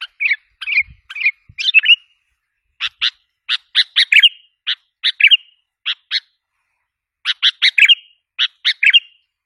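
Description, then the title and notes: Sooty-headed bulbul giving short chirped phrases in small clusters separated by brief pauses, the notes sharp and bright against a quiet background. "Kicau Burung Kutilang"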